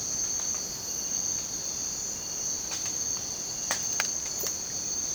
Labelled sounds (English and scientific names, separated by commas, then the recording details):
none
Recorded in dense forest near Puerto Asís, Putumayo, Colombia, on 19 June 2025 at 05:00
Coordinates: 0.484, -76.317
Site G045